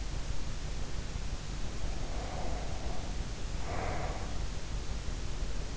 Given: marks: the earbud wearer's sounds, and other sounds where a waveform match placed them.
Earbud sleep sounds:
sounds in sleep by an in-ear microphone; breath
1.54-4.67 s: breath

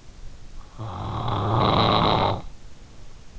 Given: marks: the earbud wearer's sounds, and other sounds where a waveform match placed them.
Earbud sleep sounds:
sounds in sleep by an in-ear microphone; snoring breath
0.11-3.14 s: snoring breath

